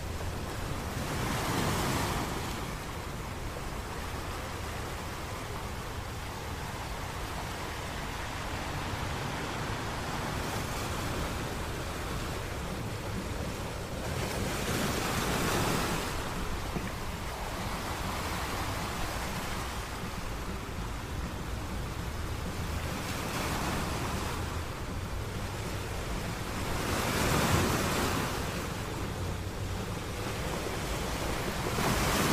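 Ocean waves roll in as a steady wash of noise, with brighter surges of surf breaking roughly every four to six seconds, near 2, 10, 15, 24 and 27 seconds. Low wind rumble sits underneath throughout, and the level stays fairly even.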